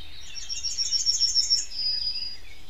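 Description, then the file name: Yellowhammer song: a quick run of high, thin repeated notes, then a longer, slightly lower drawn-out closing note. "Goldammer. Stefan Wehr"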